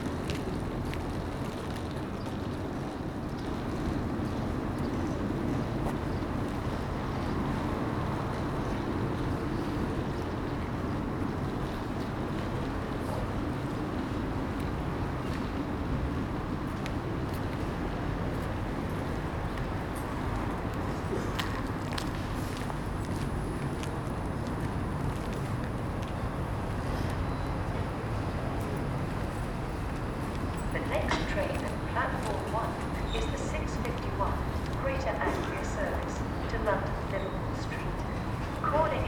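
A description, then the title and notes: Commuters gather on a cold station platform amid a steady low rumble and murmuring voices, with brighter clatters and footsteps after thirty seconds. Captured in the early morning on a cold and damp train station platform. Commuters are gradually filling up the platform in preparation to board trains to their place of work.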